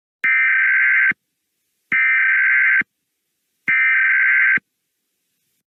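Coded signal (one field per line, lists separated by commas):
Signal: Emergency Alert System (SAME) tones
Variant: header bursts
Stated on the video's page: Mock, not real, EAS alert about missiles in Hawaii.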